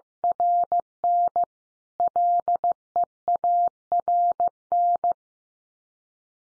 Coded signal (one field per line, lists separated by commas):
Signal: Morse code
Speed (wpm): 15 wpm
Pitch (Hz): 700 Hz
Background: none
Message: RN LEARN